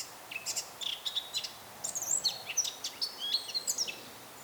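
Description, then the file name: Eurasian blackcap song, fast scratchy twitters rising into higher whistled notes, with a faint background hiss. "Sylvia atricapilla"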